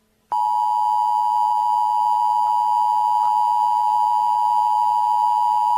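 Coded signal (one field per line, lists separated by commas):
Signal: Emergency Alert System (SAME) tones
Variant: 853 and 960 Hz attention tone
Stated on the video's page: Simulated EAS scenario.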